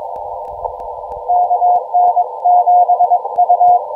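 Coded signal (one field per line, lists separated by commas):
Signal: Morse code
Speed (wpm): 20 wpm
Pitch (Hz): 710 Hz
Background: none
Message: KN7U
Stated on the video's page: Parks on the Air CW activation keyed with a Begali Traveler paddle, using an Elecraft KX2 and an EndFedz trail-friendly antenna.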